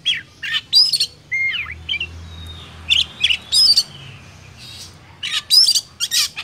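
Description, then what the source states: Oriental magpie-robin giving scattered song phrases: clear slurred whistles and short harsh bursts spaced by gaps. Used as a lure for trapping.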